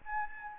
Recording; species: mosquito wingbeat signal from an infrared sensor; Anopheles gambiae